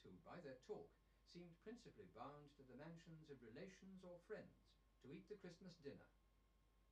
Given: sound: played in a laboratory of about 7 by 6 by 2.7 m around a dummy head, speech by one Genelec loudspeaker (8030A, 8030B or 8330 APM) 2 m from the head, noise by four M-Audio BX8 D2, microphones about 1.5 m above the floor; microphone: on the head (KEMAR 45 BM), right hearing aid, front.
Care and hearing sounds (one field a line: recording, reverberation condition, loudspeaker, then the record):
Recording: male speech in English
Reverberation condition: low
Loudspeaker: 150 degrees to the left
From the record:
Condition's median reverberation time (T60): about 310 ms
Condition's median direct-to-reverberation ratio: about 3.5 dB